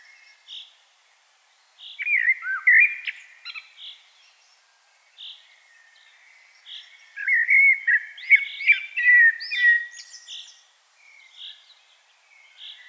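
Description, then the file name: Common blackbird song: two mellow warbling phrases with squeaky flourishes. Another bird repeats short high notes in the background throughout. "Turdus merula"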